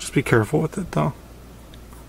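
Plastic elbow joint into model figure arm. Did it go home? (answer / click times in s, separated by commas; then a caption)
yes / 1.7 s. A plastic elbow joint is carefully pushed into the arm of a Master Chief model figure while someone talks. The speech stops around 1.1 s, and a single short, quiet click at 1.7 s marks the joint snapping into place, seated.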